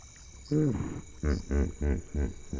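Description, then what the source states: Hippopotamus grunting: one rough drawn-out call, then several deep, pulsing grunts in quick succession, with a steady high insect hum behind. Hippopotamus vocalisations.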